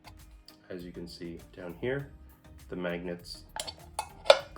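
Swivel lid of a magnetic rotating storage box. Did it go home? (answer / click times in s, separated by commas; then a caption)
yes / 4.3 s. A person swivels the rotating lid of a wood tray box, a magnetic rotating storage box, until its magnets catch and hold it in position while someone talks. A few light taps are heard, then a sharp magnetic snap at 4.3 s as the lid seats into place.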